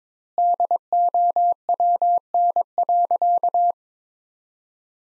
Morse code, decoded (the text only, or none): DOWN.